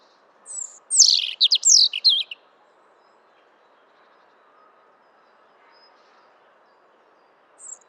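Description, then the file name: European robin song, one quick burst of high, thin notes lasting about two seconds, then a long silence with a faint note at the end. "Erithacus rubecula"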